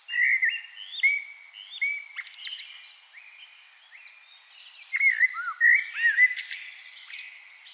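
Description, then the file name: Common blackbird song: short fluty whistled phrases at the start and end, with scratchy high twittering in between. "Turdus merula"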